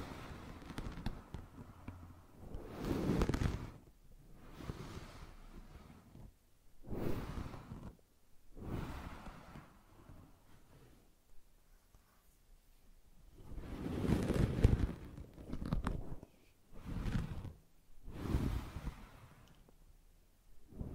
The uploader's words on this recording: ASMR Brushing and Scratching You to Sleep (No Talking).